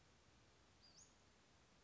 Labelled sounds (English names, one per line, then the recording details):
Western Flycatcher
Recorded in Sonoma County, California